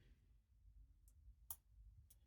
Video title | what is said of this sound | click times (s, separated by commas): Watch Review - Damasko DSUB10 Stealth Diver!! | Yeah, really nice positive click there. | 1.5 s